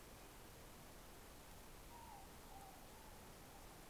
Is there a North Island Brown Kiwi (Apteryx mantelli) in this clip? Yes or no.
no